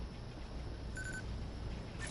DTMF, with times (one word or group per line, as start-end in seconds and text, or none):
none